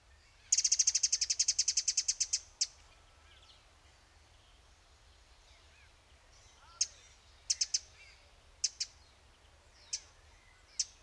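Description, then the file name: Eurasian wren producing a rapid, dry rattle of about twenty high clicks lasting two seconds, followed by scattered single and clustered sharp ticks. "Troglodytes troglodytes"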